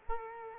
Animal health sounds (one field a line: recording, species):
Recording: mosquito wingbeat signal from an infrared sensor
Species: Culex quinquefasciatus